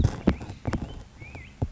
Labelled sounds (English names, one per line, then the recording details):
Black-headed Grosbeak
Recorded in Sonoma County, California